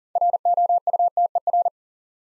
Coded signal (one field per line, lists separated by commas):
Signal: Morse code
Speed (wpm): 38 wpm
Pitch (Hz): 700 Hz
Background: none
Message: ROUTER